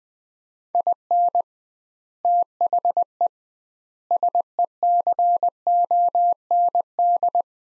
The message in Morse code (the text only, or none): IN THE SECOND